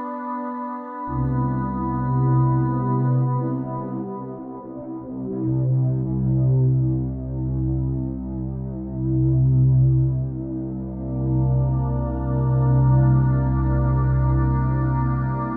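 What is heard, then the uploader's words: A steady 528Hz tone hums alone for the first second before a deep, layered drone joins beneath it. The blend stays sustained and smooth, swelling and easing in slow waves every few seconds, with a faint shimmering edge above and no distinct events. Midnight Healing 528Hz Frequency.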